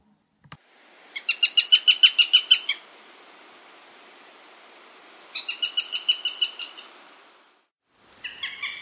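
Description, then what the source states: Eurasian Sparrowhawk giving rapid, high chattering kek notes in two quick bursts, with a third burst starting at the end. Replayed sparrowhawk calls, compared with goshawk; higher pitched, delivered quickly at a chattering pace, squeaky like a dog toy.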